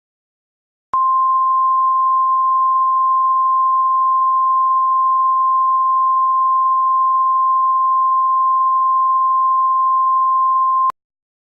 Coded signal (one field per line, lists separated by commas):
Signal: Emergency Alert System (SAME) tones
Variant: 1050 Hz attention tone